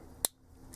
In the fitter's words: then you you want to get that bring it all the way up until you hear that snap